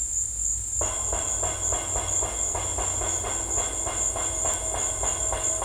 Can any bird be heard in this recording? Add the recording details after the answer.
no. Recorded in secondary vegetation near Puerto Asís, Putumayo, Colombia, on 16 December 2024 at 15:30. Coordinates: 0.481, -76.318. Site G042